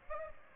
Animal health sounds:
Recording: mosquito wingbeat signal from an infrared sensor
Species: Aedes aegypti

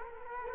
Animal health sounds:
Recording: mosquito wingbeat signal from an infrared sensor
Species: Culex quinquefasciatus

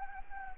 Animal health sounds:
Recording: mosquito wingbeat signal from an infrared sensor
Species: Anopheles gambiae

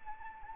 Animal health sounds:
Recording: mosquito wingbeat signal from an infrared sensor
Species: Anopheles arabiensis

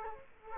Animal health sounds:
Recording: mosquito wingbeat signal from an infrared sensor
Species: Culex quinquefasciatus

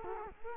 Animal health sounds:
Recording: mosquito wingbeat signal from an infrared sensor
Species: Culex quinquefasciatus

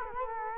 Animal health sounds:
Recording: mosquito wingbeat signal from an infrared sensor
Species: Culex quinquefasciatus

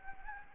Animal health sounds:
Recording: mosquito wingbeat signal from an infrared sensor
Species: Anopheles gambiae

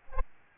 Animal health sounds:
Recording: mosquito wingbeat signal from an infrared sensor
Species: Aedes albopictus

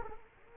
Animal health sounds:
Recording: mosquito wingbeat signal from an infrared sensor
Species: Culex quinquefasciatus

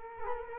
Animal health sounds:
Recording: mosquito wingbeat signal from an infrared sensor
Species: Culex quinquefasciatus

